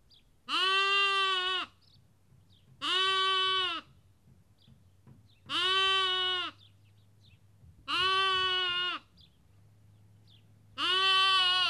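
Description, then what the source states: Sheep: lamb bleats repeated steadily, five rich, even-pitched calls roughly every two and a half seconds, over a low steady hum. Lamb, recorded at Kakopetria, Cyprus.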